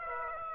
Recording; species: mosquito wingbeat signal from an infrared sensor; Aedes aegypti